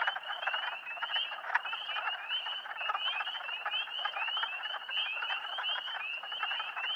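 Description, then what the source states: Spring peepers peeping rapidly and overlapping, high rising whistles over a continuous rough trilling chorus, one louder snap early on. Several spring peepers calling together; posted in April 2008.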